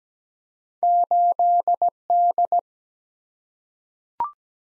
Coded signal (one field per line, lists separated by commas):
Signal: Morse code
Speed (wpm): 17 wpm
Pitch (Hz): 700 Hz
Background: none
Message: 8D